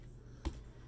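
A screw is turned backwards in a threaded hole in a plastic vacuum cleaner housing until its thread start drops into the existing thread with one small, sharp click at 0.5 s, over a low steady background hum. The screw is now seated in the old thread, which lines it up before it is driven in so it won't cut new threads.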